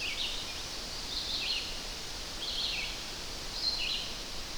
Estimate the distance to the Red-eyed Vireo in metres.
about 40 m